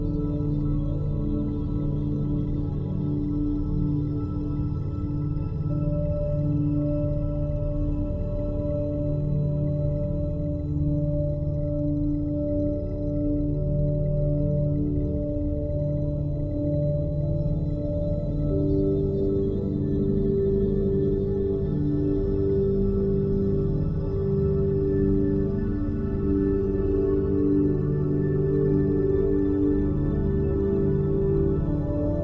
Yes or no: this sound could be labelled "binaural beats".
yes